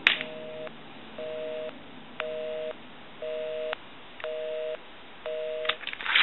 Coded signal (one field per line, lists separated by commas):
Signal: telephone call progress tone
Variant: North America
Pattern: busy tone